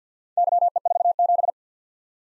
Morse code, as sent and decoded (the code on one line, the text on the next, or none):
-.-- . ....- --...
YE47